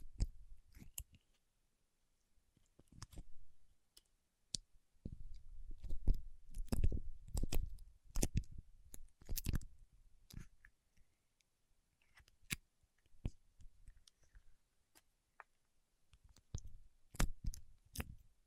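Paraffin wax being peeled, tapped and scratched, heard as sharp, irregular clicks and taps scattered across the whole stretch. Between about 5 and 10 seconds, denser low scraping and crackling fills in. Quieter gaps separate later bursts of taps near 12 and 17 seconds.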